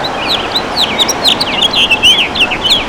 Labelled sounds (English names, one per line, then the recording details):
House Finch song
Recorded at Albertson on Long Island, New York, on 11 June 2013
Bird A